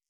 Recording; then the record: hydrophone in a shrimp aquaculture tank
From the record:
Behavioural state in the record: stressed